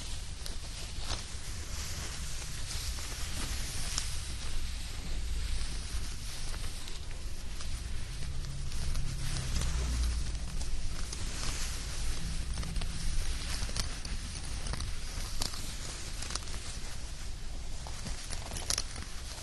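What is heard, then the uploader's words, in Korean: A dry blanket rustles and slides, making a continuous crisp, papery scratching with many small crackles scattered throughout. The sound stays fairly even, swelling slightly around the middle, over a soft low rumble underneath. 스르륵 이불 소리. 잘 말린 이불 속에서 사각사각.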